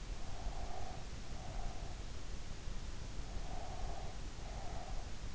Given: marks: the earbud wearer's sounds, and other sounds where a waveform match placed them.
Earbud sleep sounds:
sounds in sleep by an in-ear microphone; breath
0.28-2.11 s: breath
3.32-5.04 s: breath

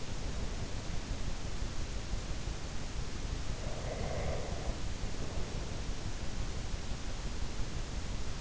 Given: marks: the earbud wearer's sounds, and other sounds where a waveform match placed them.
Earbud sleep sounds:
sounds in sleep by an in-ear microphone; breath
3.57-5.85 s: breath

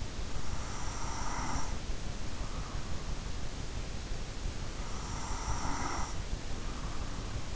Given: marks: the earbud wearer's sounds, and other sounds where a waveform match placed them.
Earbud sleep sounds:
sounds in sleep by an in-ear microphone; breath
0.47-3.01 s: breath
4.71-7.56 s: breath

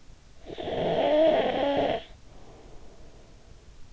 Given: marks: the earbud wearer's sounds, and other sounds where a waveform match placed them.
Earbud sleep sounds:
sounds in sleep by an in-ear microphone; snoring breath
0.25-3.85 s: snoring breath

